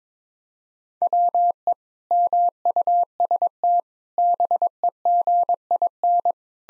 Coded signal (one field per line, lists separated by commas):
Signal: Morse code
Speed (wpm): 21 wpm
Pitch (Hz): 700 Hz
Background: none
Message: WE MUST BEGIN